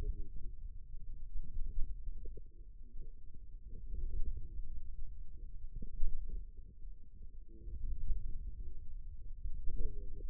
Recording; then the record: forearm muscle sounds (acoustic myography)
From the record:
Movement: wrist flexion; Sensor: system 2, bracelet of six BSWA MPA416 microphones around the upper forearm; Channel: 3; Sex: male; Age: 22 years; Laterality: right